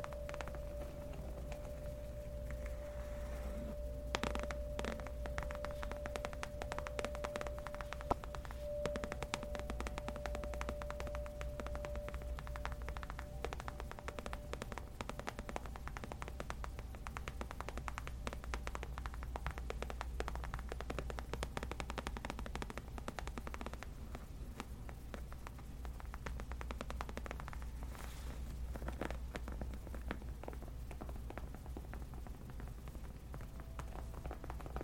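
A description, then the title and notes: Gentle tapping on leather runs for the whole stretch: a dense, fairly even patter of soft ticks with no long pauses. A low steady hum sits underneath, and a faint thin whine lingers through the first fifteen seconds before fading out. Gentle Leather Tapping For Sleep & Relaxation.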